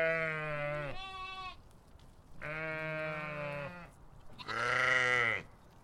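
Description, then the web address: Sheep bleating: three long, nasal bleats with short gaps between them, the last one louder and higher-pitched. Farm sheep. "Sound Effects-Lynne Music 2 Animals-Sheep-Farm-2"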